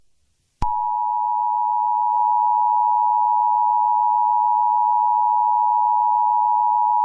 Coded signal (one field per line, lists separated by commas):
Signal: Emergency Alert System (SAME) tones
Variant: 853 and 960 Hz attention tone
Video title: EAS Scenario: No Smoking